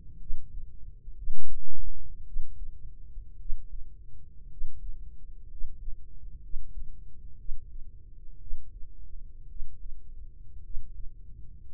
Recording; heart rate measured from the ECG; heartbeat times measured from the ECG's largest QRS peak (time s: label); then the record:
heart sounds by microphone in the right ear; 57 bpm
0.16 s: heartbeat
1.13 s: heartbeat
2.22 s: heartbeat
3.35 s: heartbeat
4.46 s: heartbeat
5.45 s: heartbeat
6.38 s: heartbeat
7.34 s: heartbeat
8.36 s: heartbeat
9.45 s: heartbeat
10.59 s: heartbeat
11.68 s: heartbeat
From the record:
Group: healthy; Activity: rest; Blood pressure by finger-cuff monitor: 111/57 mmHg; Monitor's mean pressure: 71 mmHg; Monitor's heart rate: 59 bpm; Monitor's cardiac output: 5.3 L/min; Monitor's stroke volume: 83 mL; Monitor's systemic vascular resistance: 960 dyn s/cm5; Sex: male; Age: 25 years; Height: 170 cm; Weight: 70.4 kg